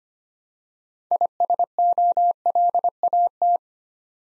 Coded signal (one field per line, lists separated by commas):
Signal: Morse code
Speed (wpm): 25 wpm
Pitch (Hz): 700 Hz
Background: none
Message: ISOLAT